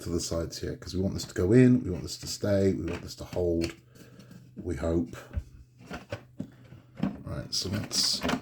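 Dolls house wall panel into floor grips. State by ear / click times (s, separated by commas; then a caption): not seated / none. Someone talks while handling a Hachette Disney Dolls House wall panel, with glue just applied to its sides, moving it into position before pushing it into the floor grips. Only small, brief handling knocks are heard, around 6.1, 6.4 and 7.0 seconds. The panel has not yet seated or clicked into place.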